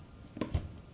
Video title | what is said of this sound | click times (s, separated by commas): Lock Jaw Band Replacement Tool | it'll just snap in place just like that | 0.4 s